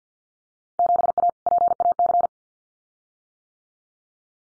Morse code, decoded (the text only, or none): 7A PAC